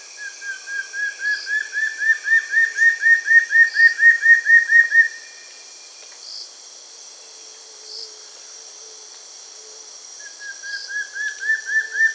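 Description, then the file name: Antshrike song, a rapid series of about twenty short whistled notes that build in loudness then stop, followed by a pause and a second series starting, over high steady insect hiss. "Frederickena"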